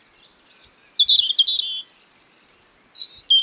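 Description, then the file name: European robin song with cascading high notes sliding downward, then a second burst of very high thin notes descending again into a short trill. "Erithacus rubecula"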